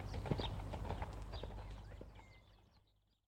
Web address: animals horses single horse cantering on gravel